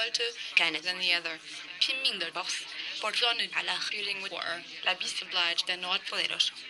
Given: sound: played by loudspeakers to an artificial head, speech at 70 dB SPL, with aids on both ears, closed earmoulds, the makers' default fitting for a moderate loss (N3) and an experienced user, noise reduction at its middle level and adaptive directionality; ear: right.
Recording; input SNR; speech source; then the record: speech test signal (ISTS) in cocktail-party noise; +9 dB; on the right (90 degrees)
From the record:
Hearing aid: class 2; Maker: B